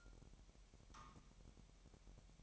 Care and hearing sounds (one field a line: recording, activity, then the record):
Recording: daily activity, microphone in the room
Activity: take from stove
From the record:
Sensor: 1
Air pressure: 1012.1 hPa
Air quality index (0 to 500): 224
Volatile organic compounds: 5 ppm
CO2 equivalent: 1786 ppm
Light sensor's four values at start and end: 70/165/71/75 and 70/165/71/75